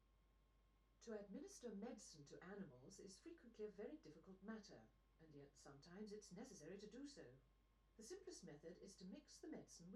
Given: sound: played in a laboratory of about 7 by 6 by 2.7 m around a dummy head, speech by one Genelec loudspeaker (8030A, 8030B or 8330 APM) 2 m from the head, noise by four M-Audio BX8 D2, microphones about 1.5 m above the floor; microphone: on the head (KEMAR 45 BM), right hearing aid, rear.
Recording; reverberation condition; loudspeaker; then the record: female speech in English; low; 60 degrees to the left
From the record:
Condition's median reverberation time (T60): about 310 ms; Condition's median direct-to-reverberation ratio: about 3.5 dB